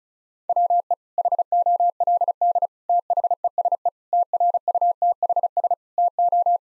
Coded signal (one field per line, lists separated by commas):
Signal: Morse code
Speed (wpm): 34 wpm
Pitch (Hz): 700 Hz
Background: none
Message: WE HOLD THESE TRUTHS TO